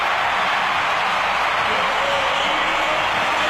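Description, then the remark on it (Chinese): Loud, dense applause blends with a steady crowd roar at the finish of a skating race as Wu Dajing crosses the line first, coach Li Yan clapping hard; a continuous hissing wash of clapping with no distinct individual claps, holding at an even level for several seconds. “李岩指导仍然是非常用力的在鼓掌，在武大靖遥遥领先，第一个冲过终点线之后啊，李岩指导很用力的鼓掌。”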